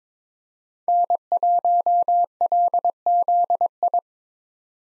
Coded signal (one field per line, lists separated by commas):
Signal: Morse code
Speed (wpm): 22 wpm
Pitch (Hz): 700 Hz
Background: none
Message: N1LZI